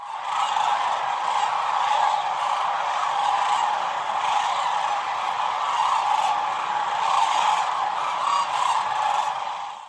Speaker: And, as you can imagine, several thousand cranes are not what you would call quiet.